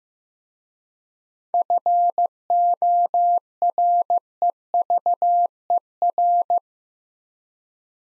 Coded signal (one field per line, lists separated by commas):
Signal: Morse code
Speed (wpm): 15 wpm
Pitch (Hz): 700 Hz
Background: none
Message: FOREVER